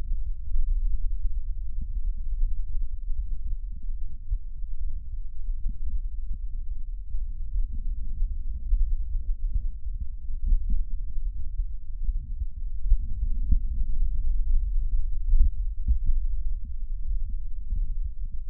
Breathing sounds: lung sounds by stethoscope; left anterior apical chest; quiet breathing, then deep breathing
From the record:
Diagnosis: interstitial lung disease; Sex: male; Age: 72 years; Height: 170 cm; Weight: 62.9 kg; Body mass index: 21.8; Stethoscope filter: bell mode

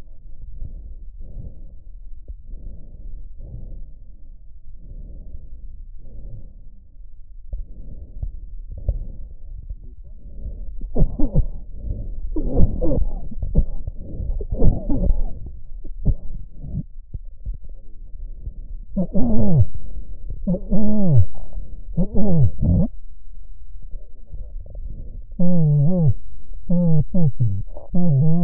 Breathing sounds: lung sounds by stethoscope; right posterior apical chest; quiet breathing, then cough and speech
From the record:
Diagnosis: COPD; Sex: male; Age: 75 years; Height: 182 cm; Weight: 98 kg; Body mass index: 29.6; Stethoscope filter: extended mode

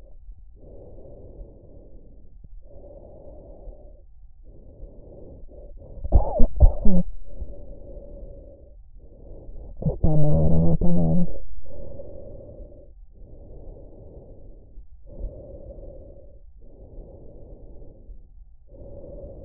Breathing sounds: lung sounds by stethoscope; trachea; quiet breathing, then cough and speech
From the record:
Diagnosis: asthma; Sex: female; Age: 72 years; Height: 160 cm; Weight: 63.4 kg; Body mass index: 24.8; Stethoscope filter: extended mode

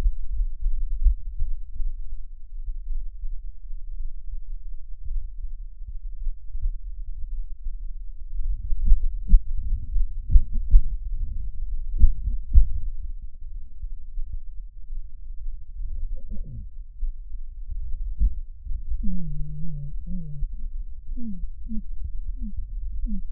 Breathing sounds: lung sounds by stethoscope; right anterior apical chest; quiet breathing, then cough and speech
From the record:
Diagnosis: interstitial lung disease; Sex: male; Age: 82 years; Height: 158 cm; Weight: 49 kg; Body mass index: 19.6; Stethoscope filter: bell mode

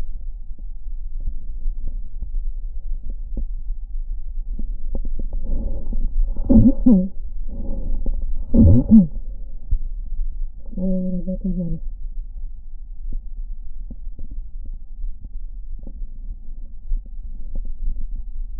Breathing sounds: lung sounds by stethoscope; left anterior apical chest; quiet breathing, then cough and speech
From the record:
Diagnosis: interstitial lung disease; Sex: female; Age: 65 years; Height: 156 cm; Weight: 66.8 kg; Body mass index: 27.4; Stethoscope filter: diaphragm mode

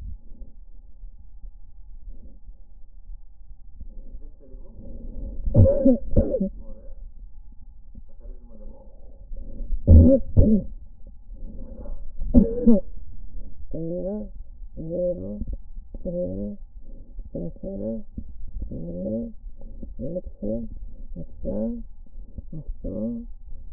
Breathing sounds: lung sounds by stethoscope; left anterior apical chest; quiet breathing, then cough and speech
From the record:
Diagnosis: COPD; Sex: female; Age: 68 years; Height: 150 cm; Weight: 70 kg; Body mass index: 31.1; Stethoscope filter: diaphragm mode

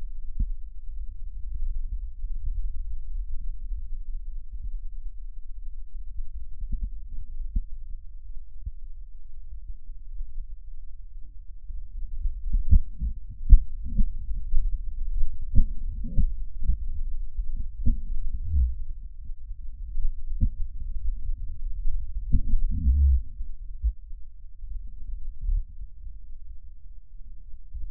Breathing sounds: lung sounds by stethoscope; right posterior basal chest; quiet breathing, then cough and speech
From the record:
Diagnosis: pulmonary infection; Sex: male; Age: 69 years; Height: 184 cm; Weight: 115 kg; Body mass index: 34.0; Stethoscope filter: bell mode

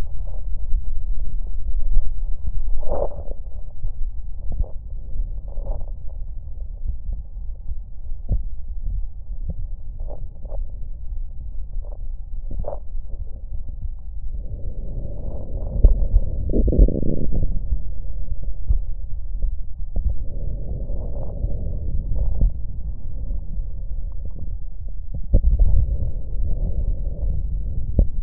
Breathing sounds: lung sounds by stethoscope; left posterior basal chest; quiet breathing, then deep breathing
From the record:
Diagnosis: none (healthy); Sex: male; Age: 23 years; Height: 185 cm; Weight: 93 kg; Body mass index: 27.2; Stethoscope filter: extended mode

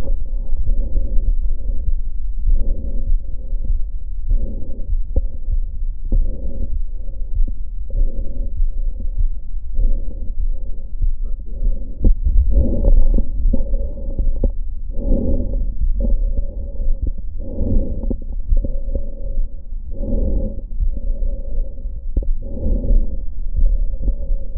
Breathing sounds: lung sounds by stethoscope; left posterior apical chest; quiet breathing, then deep breathing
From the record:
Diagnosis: interstitial lung disease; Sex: female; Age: 68 years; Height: 152 cm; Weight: 76 kg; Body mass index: 32.9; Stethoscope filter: diaphragm mode

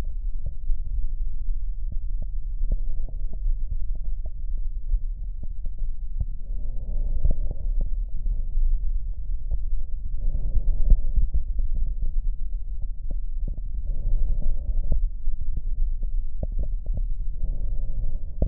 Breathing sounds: lung sounds by stethoscope; right anterior apical chest; quiet breathing, then deep breathing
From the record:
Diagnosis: interstitial lung disease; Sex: male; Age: 65 years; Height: 161 cm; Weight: 74.6 kg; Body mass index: 28.8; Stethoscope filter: extended mode

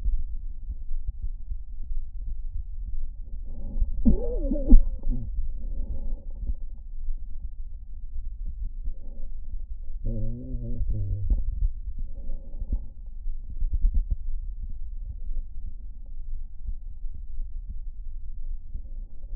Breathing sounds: lung sounds by stethoscope; left anterior apical chest; quiet breathing, then cough and speech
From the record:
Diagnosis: interstitial lung disease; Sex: male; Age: 74 years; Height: 160 cm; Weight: 54 kg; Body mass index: 21.1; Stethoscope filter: diaphragm mode

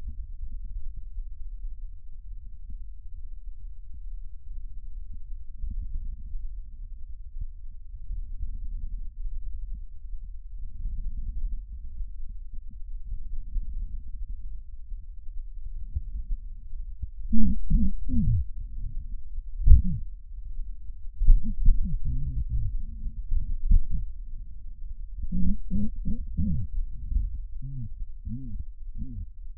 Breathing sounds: lung sounds by stethoscope; left posterior apical chest; quiet breathing, then cough and speech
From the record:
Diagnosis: COPD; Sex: male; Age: 70 years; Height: 170 cm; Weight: 74 kg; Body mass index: 25.6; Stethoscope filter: bell mode

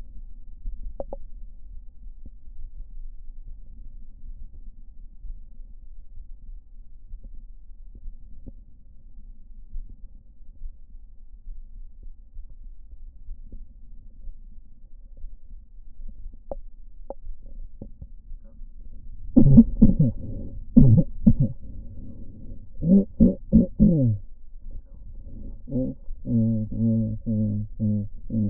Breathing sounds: lung sounds by stethoscope; left posterior apical chest; quiet breathing, then cough and speech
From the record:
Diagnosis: none (healthy); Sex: male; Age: 30 years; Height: 190 cm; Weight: 88 kg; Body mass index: 24.4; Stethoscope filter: diaphragm mode

